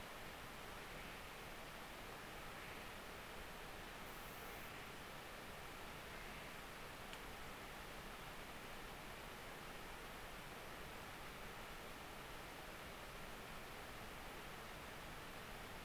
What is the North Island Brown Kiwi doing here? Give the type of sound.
female call